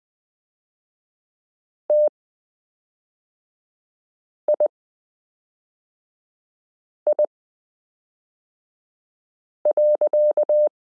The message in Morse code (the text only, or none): TII.